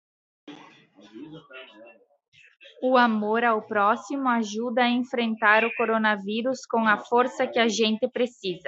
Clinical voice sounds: spoken sentence; Brazilian Portuguese; female; 30 to 39 years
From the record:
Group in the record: control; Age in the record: 32 years

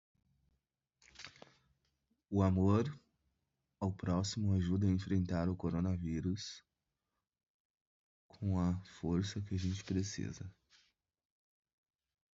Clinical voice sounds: spoken sentence; Brazilian Portuguese; male; 20 to 29 years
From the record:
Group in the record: control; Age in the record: 25 years

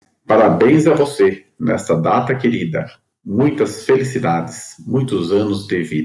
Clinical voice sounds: short text; Brazilian Portuguese; male; 40 to 49 years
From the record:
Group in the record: control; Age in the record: 47 years

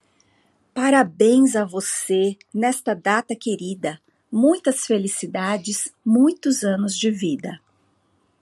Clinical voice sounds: short text; Brazilian Portuguese; female; 40 to 49 years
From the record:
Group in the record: control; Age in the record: 46 years

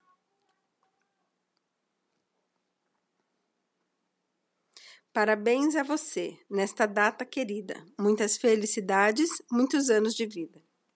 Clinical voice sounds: short text; Brazilian Portuguese; female; 40 to 49 years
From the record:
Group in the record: control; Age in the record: 42 years

